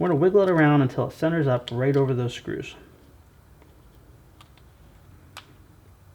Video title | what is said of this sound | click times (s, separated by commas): FT Pietenpol - Build - Flite Test | there you kind of hear it pop in there | 5.4 s